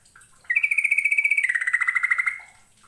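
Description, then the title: Bird song: one loud, rapid pulsed trill lasting about two seconds, steady at first then dropping slightly in pitch and fading. "Kicau Burung"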